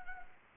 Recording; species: mosquito wingbeat signal from an infrared sensor; Anopheles arabiensis